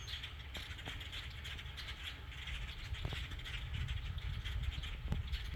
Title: A cloud of blackbirds over a house.